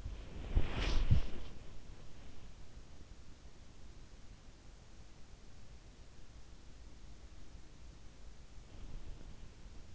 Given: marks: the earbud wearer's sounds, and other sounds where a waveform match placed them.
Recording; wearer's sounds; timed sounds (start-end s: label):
sounds in sleep by an in-ear microphone; body movement
0.00-1.80 s: body movement